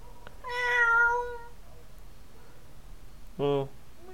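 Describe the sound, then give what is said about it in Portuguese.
A black cat meows twice: first a long, drawn-out, high mewing cry lasting about a second, then, after a quiet pause, a short, lower-pitched meow, over faint background hum. “O gato ainda está lá.”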